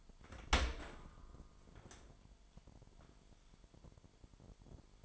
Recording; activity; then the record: daily activity, microphone in the room; open dishwasher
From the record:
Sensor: 5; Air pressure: 998.4 hPa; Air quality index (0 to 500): 80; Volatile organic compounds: 1 ppm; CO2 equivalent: 904 ppm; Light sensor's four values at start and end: 22/52/22/24 and 22/52/22/24